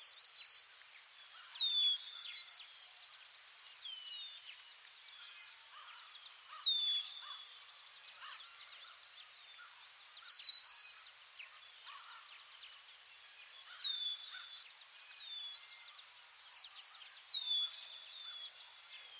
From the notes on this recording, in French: le bruissement des feuilles et le chant des oiseaux